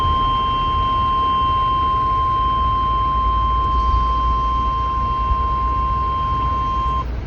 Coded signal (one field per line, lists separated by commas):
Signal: Emergency Alert System (SAME) tones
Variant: 1050 Hz attention tone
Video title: Another EAS! #emergencyalertsystem #newhampshire